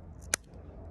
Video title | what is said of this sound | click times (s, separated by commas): GPO Passion HD optical performance review | you can hear the click | 0.3 s